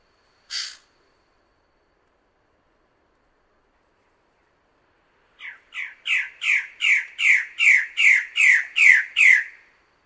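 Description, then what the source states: A bird-of-paradise gives one sharp note, falls silent for several seconds, then launches a rhythmic series of about ten harsh squawks that grow louder. Master song used for training songbirds.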